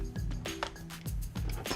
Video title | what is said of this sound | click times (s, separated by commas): RC Physics 72 - Boca Bearing Swap Part 3: Front Differential | I heard the little clicks, but again, a little hand check. | 0.5 s, 0.6 s, 1.7 s